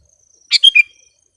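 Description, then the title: Sooty-headed bulbul uttering one quick three-note bubbly phrase, the notes slurring downward. "kutilang"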